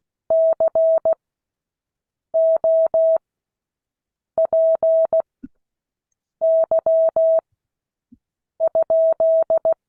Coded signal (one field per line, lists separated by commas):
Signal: Morse code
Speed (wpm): 16 wpm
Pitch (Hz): 650 Hz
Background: none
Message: COPY?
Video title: Morse code class 2022 11 21